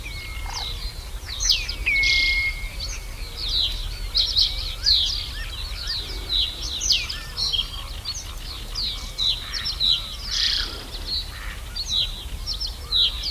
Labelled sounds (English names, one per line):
Reed Bunting